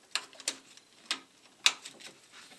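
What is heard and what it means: A large plastic electrical wiring connector is pushed into its socket near the battery tray of a VW Passat B7 during a clutch replacement. A few sharp plastic ticks at about 0.2, 0.5 and 1.1 seconds lead to the loudest, sharpest click at 1.7 seconds, when the connector seats fully.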